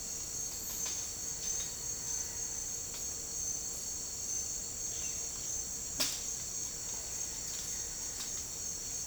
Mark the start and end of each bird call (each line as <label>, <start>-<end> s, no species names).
bird call, 4.90-5.16 s